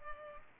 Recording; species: mosquito wingbeat signal from an infrared sensor; Culex pipiens